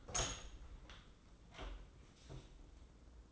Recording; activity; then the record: daily activity, microphone in the room; open door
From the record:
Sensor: 3